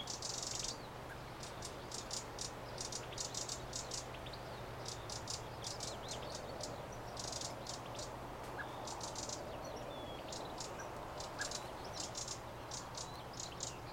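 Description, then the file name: Eurasian wren calling with repeated scolding rattles, short harsh bursts coming in quick series, a constant low hum beneath. "Troglodytes troglodytes"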